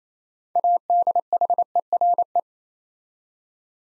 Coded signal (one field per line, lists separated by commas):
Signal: Morse code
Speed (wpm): 27 wpm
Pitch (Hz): 700 Hz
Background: none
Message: ADHERE